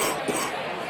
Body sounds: coughing mixed with background sound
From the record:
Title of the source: 31 night wet cough

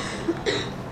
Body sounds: coughing mixed with background sound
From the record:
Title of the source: female coughing - coughing sound effects girl

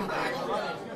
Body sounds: coughing mixed with background sound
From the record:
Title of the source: choking, hacking coughing

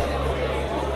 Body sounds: background sound without coughing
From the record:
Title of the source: CITY SOUNDS Busy Bar in the Evening Night - 2 HOURS of Ambiance for Relaxation

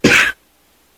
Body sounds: coughing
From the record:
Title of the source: 64 coughing, allergies, singing lungs

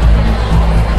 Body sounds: background sound without coughing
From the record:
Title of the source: Party Noise 1 Hour Party Ambience

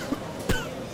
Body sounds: coughing mixed with background sound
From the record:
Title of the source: Coughing 51

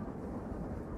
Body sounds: background sound without coughing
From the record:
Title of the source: Train Ride Ambience ambient white noise for sleeping, focus, studying, reading

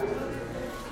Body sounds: background sound without coughing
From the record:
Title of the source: 60 minutes of coffee shop sounds for study and concentration

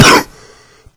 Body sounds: coughing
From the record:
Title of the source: Coughing 46

